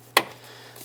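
A plastic wiring retainer clip on a 2014–2021 Mazda 6 is pressed by hand into the radiator fan shroud. It seats with one sharp snap at 0.2 s, followed by a faint steady hum, and the retainer is confirmed snapped home.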